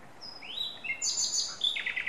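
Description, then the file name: Common nightingale singing a varied phrase of high thin whistles and rising slurs, ending in a fast run of buzzy repeated notes. "Luscinia megarhynchos"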